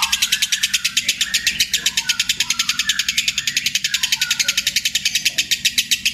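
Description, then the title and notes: Lovebird chattering in a fast, high, pulsing trill over a low steady hum, with a few faint lower notes. Ngekek style song, a long chattering lovebird song used as a lure or training song for other birds. "Master Kicau Lovebird ngekek, kicau pancingan"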